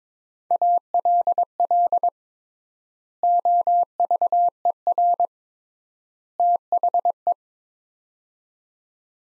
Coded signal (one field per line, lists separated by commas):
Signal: Morse code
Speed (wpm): 22 wpm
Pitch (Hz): 700 Hz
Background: none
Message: ALL OVER THE